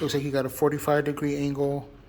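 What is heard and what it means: The adjustable hanging arm on a Braun Underhood 1,200-lumen work light from Harbor Freight is handled at a 45° angle, worked by a side button and about to swing out into its detent on the light body. Someone talks throughout, with no distinct mechanical sound. Nothing has seated or clicked yet.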